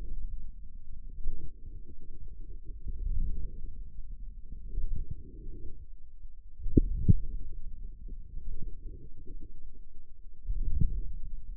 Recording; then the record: forearm muscle sounds (acoustic myography)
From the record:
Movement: outward rotation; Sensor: system 2, bracelet of six BSWA MPA416 microphones around the upper forearm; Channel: 6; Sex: male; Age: 22 years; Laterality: right